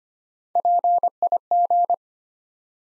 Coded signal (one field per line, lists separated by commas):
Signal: Morse code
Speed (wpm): 25 wpm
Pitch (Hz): 700 Hz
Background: none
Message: PIG